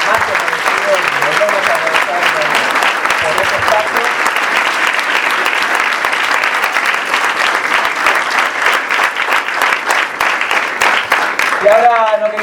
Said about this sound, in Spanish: También un aplauso para ellos, digamos.